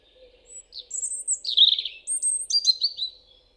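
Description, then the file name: European robin with a varied phrase of thin, very high whistles and quick tumbling trills, switching pitch repeatedly over about three seconds. "Erithacus rubecula"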